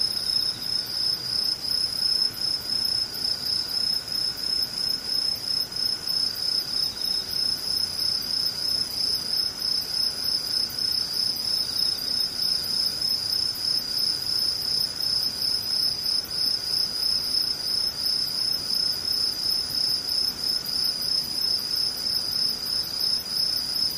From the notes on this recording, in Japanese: ムシ